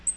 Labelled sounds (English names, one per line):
Black-throated Green Warbler flight call